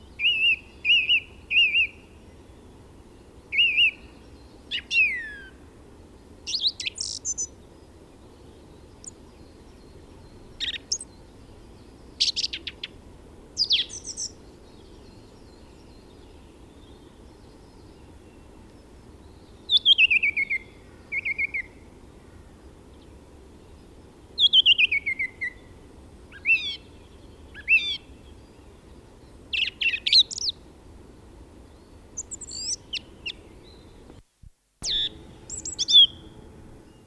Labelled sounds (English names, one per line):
Song Thrush song